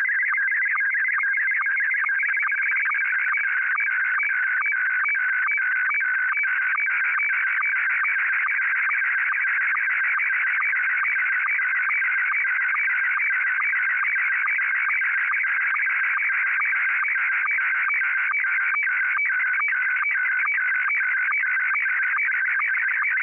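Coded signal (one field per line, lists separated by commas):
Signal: SSTV (slow-scan television)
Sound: continuous warbling, chirping tone with a short low blip about twice a second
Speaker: let's go ahead and get the tape started and we'll receive a picture here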